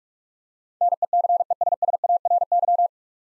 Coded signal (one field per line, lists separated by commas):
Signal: Morse code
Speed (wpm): 46 wpm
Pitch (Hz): 700 Hz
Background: none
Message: NECESSARY